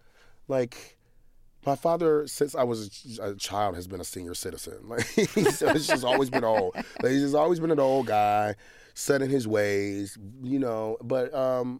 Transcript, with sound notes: Like, my father, since I was a child, has been a senior citizen. Like...
(LAUGHTER)
...He's just always been old. But he's just always been an old guy, set in his ways - you know.